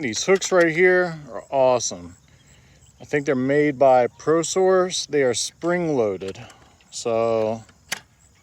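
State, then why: Seated. After talk, a sharp metallic snap at 7.9 s shows a spring latch catching shut.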